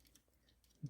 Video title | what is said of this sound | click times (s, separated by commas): Man, this is a great figure! #Transformers Titans Return Octone (Octane) | next you want to go ahead and split this tail fin we pull it all the way up until it kind of clicks into place | 0.1 s, 0.2 s